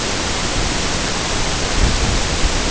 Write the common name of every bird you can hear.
none